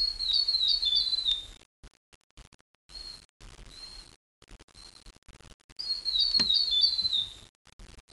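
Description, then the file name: Tomtit singing: a high, rapid warbling phrase, then a few single high notes, then another warbled phrase with a sharp click partway through. "miromiro"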